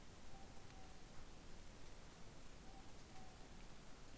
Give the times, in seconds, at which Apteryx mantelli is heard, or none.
none